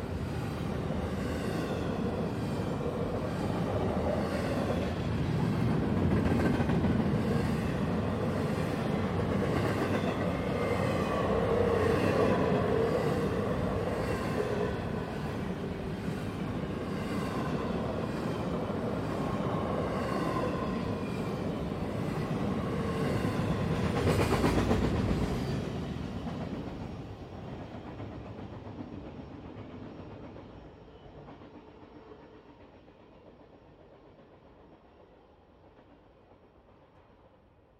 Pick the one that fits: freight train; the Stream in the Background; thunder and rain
freight train